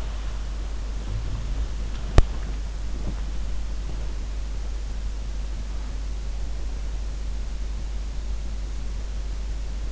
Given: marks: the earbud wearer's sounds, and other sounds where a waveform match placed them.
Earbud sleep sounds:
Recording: sounds in sleep by an in-ear microphone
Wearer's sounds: body movement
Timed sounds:
0.00-4.44 s: body movement

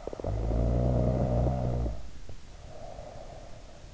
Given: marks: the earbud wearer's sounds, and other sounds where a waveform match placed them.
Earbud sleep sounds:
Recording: sounds in sleep by an in-ear microphone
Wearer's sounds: snoring breath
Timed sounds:
0.01-3.93 s: snoring breath

